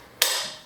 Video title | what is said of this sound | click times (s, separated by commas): Jetson BEAM electric scooter Review | clicks into place once that's clicked into place we want to clamp | 0.2 s